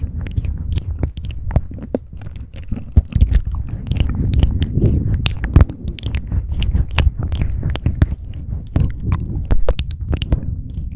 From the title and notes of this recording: ASMR Close Mouth Sounds.